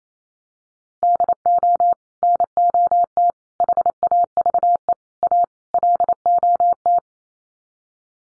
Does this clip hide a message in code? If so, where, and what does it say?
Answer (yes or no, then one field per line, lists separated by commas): yes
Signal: Morse code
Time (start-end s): 1.0-7.0 s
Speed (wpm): 28 wpm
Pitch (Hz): 700 Hz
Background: none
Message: DO NOT HAVE A LOT